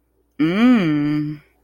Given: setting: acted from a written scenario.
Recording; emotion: vocal sound without words; desire